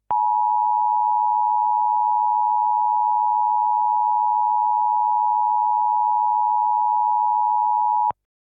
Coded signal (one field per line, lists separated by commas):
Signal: Emergency Alert System (SAME) tones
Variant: 853 and 960 Hz attention tone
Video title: EAS Scenario #5: Goo Goo Gaga Meme Outbreak - An EAS Mega Scenario